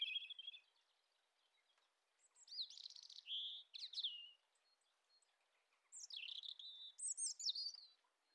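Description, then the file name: European robin singing liquid phrases of high, thin, tumbling notes and trills, separated by short pauses. "Erithacus rubecula"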